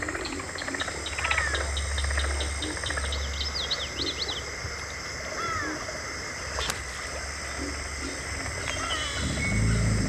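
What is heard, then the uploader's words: A deep, steady rumble of alligator snoring runs underneath the whole clip, swelling louder in the last half second. Above it, rapid insect ticking fills the first four seconds, with scattered bird chirps throughout and a single sharp click near the seven-second mark. Alligator Snoring. A real alligator.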